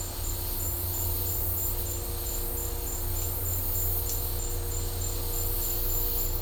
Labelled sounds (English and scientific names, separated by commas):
none